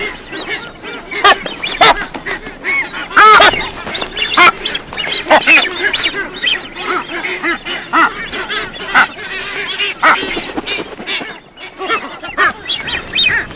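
Masked booby calls, a dense chorus of harsh honks and braying notes from many birds overlapping continuously, with constant colony din beneath.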